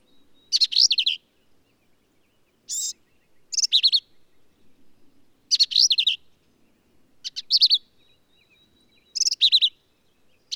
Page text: Birdsong for the Curious Naturalist. Black-capped vireo